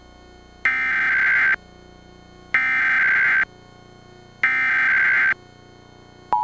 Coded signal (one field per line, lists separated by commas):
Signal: Emergency Alert System (SAME) tones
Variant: header bursts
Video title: Required Monthly Test for June (EAS #335)